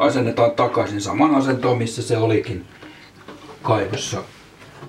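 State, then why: Not seated. A cleaned plastic water-seal insert is being handled and pushed back into a floor drain in its original position while someone talks. A brief faint sound occurs around 3.3 s, but nothing has seated or clicked into place yet by the end of the clip.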